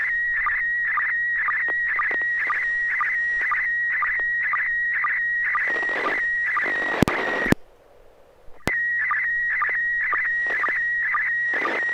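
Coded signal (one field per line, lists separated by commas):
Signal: SSTV (slow-scan television)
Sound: warbling tone around 2 kHz with rhythmic low clicks, one short break with squelch bursts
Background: FM radio hiss, low hum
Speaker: send your picture. A good tone.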